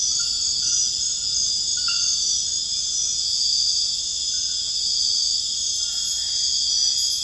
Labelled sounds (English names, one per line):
none